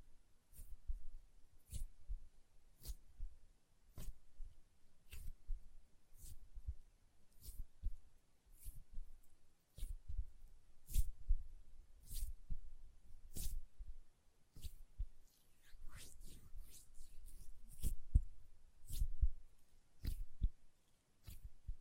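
Hand sounds with nail tapping: sharp, crisp taps land at a steady pace, roughly every second, each a bright click over a soft low thump. Around fifteen to eighteen seconds the taps cluster faster, with light rubbing and swishing between them.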